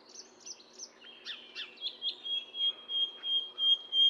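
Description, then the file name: Common nightingale song of repeated whistled notes that swell steadily louder in a rising crescendo. "Luscinia megarhynchos"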